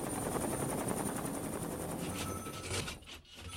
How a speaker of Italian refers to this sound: A Campo di Marte, nel quartier generale dei soccorritori, ferve l'attività. Si alzano in volo i primi elicotteri dell'aeronautica che trasportano acqua e generi di prima necessità.